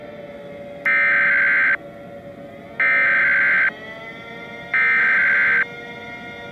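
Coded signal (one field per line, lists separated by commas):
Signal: Emergency Alert System (SAME) tones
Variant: header bursts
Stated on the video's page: Fictional EAS scenario.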